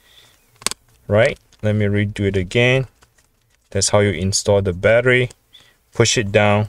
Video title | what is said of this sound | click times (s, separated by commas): FIXED Asus Expertbook Laptop No Display | need to push it away you can hear the little click | 0.7 s